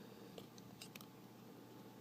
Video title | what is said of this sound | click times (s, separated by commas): Beast Hunters Cyberverse ABOMINUS | It It does actually peg in it. Not solidly, but it snaps into place right there. | 1.0 s